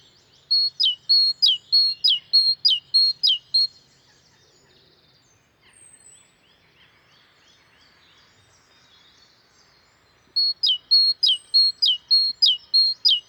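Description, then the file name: Great tit song in two bursts of about six rapid two-note phrases, high whistle then descending note, separated by a pause with faint bird chirps. "Parus major"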